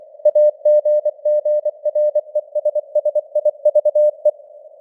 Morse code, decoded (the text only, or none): AGGRESSIVE